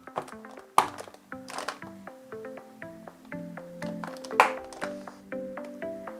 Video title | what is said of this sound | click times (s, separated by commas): Full PC Build - RTX 3070 - Ryzen 5 3600x - Corsair iCue 220T RGB | you know that was quite unsatisfying it's always nice when you get a nice firm click | 0.8 s, 4.4 s